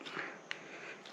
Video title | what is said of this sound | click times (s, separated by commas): R34 GTR GETS R35 COIL KIT!! | and then just push it together. You're supposed to hear a little click. | 0.5 s